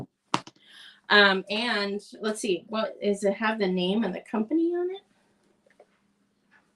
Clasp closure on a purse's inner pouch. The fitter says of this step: and it kind of does a little click it's built that way it's it's hard it's built to click